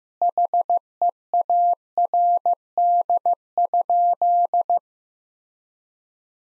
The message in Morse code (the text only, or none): HEARD?